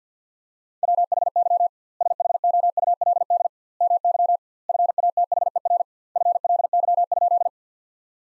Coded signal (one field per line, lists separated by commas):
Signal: Morse code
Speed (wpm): 50 wpm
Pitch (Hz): 700 Hz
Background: none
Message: WHY SHOULD MY FATHER FLY?